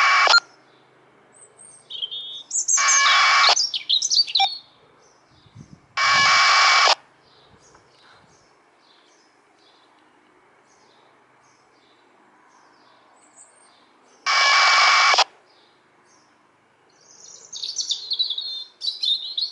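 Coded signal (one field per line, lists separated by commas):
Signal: packet radio (AX.25, as in APRS)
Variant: 1200 baud AFSK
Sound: three short harsh buzzing data bursts, about a second each, between bird chirps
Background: birdsong outdoors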